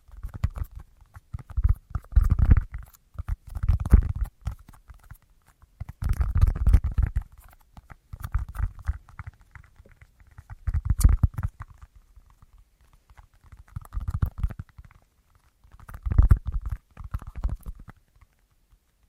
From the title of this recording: Tapping Assortment